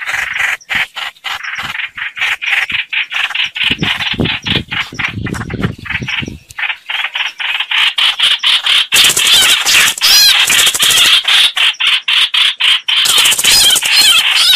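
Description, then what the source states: Red-whiskered bulbul scolding in distress, fast harsh chattering notes roughly four a second, becoming louder and denser in the second half with wavering squeals. Calling for help, a distress call.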